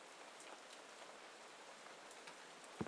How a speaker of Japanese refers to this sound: それに、あ、それにほら、雨だって降ってるわ。 雨か。